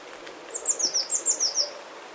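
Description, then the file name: Eurasian blue tit call, a rapid series of several very high, thin notes, each sliding slightly downward, delivered evenly in just over a second. "Cyanistes caeruleus"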